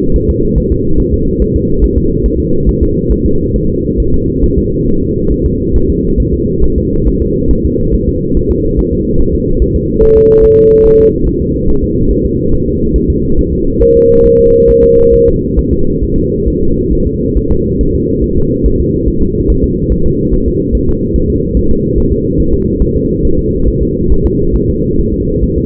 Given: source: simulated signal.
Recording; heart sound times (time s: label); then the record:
fetal heart sounds
0.16 s: S1
0.30 s: S2
0.58 s: S1
0.72 s: S2
1.00 s: S1
1.14 s: S2
1.42 s: S1
1.56 s: S2
1.84 s: S1
1.98 s: S2
2.26 s: S1
2.40 s: S2
2.69 s: S1
2.83 s: S2
3.12 s: S1
3.26 s: S2
3.56 s: S1
3.70 s: S2
4.00 s: S1
4.14 s: S2
4.44 s: S1
4.58 s: S2
4.88 s: S1
5.03 s: S2
5.32 s: S1
5.46 s: S2
5.76 s: S1
5.90 s: S2
6.20 s: S1
6.34 s: S2
6.64 s: S1
6.78 s: S2
7.08 s: S1
7.22 s: S2
7.51 s: S1
7.65 s: S2
7.95 s: S1
8.09 s: S2
8.37 s: S1
8.51 s: S2
8.79 s: S1
8.93 s: S2
9.21 s: S1
9.35 s: S2
9.62 s: S1
9.76 s: S2
10.03 s: S1
10.17 s: S2
10.45 s: S1
10.59 s: S2
10.86 s: S1
11.00 s: S2
11.28 s: S1
11.42 s: S2
11.69 s: S1
11.83 s: S2
12.11 s: S1
12.25 s: S2
12.53 s: S1
12.67 s: S2
12.96 s: S1
13.10 s: S2
13.39 s: S1
13.53 s: S2
13.83 s: S1
13.97 s: S2
14.26 s: S1
14.40 s: S2
14.70 s: S1
14.84 s: S2
15.14 s: S1
15.28 s: S2
15.59 s: S1
15.73 s: S2
16.03 s: S1
16.18 s: S2
16.48 s: S1
16.62 s: S2
16.93 s: S1
17.07 s: S2
17.38 s: S1
17.52 s: S2
17.81 s: S1
17.95 s: S2
18.24 s: S1
18.38 s: S2
18.66 s: S1
18.81 s: S2
19.08 s: S1
19.22 s: S2
19.50 s: S1
19.64 s: S2
19.92 s: S1
20.06 s: S2
20.34 s: S1
20.48 s: S2
20.75 s: S1
20.89 s: S2
21.16 s: S1
21.30 s: S2
21.57 s: S1
21.71 s: S2
21.98 s: S1
22.12 s: S2
22.40 s: S1
22.54 s: S2
22.82 s: S1
22.96 s: S2
23.25 s: S1
23.39 s: S2
23.68 s: S1
23.83 s: S2
24.12 s: S1
24.26 s: S2
24.56 s: S1
24.70 s: S2
25.00 s: S1
25.14 s: S2
25.44 s: S1
25.58 s: S2
From the record:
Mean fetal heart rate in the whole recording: 140 bpm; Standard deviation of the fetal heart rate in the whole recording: 2 bpm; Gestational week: 34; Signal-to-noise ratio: -16.4 dB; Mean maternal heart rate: 72 bpm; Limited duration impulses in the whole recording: present